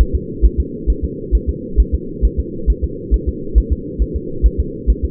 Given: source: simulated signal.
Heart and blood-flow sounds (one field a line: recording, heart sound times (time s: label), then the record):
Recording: fetal heart sounds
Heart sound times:
0.01 s: S1
0.15 s: S2
0.45 s: S1
0.60 s: S2
0.90 s: S1
1.04 s: S2
1.35 s: S1
1.49 s: S2
1.80 s: S1
1.94 s: S2
2.25 s: S1
2.39 s: S2
2.70 s: S1
2.84 s: S2
3.14 s: S1
3.28 s: S2
3.58 s: S1
3.72 s: S2
4.02 s: S1
4.16 s: S2
4.46 s: S1
4.60 s: S2
4.90 s: S1
5.04 s: S2
From the record:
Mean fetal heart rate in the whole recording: 135 bpm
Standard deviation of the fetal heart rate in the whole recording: 3 bpm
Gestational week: 34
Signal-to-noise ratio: -4.3 dB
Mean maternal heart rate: 72 bpm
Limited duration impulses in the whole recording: absent